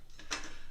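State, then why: Not seated. A metal IKEA Helmer drawer part is pushed into place in the drawer cabinet frame, making brief metallic scraping and knocking sounds, the loudest at about 0.3 s. It does not click in and slips back out; nothing has clicked or seated.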